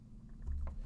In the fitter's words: can you hear that it clicks in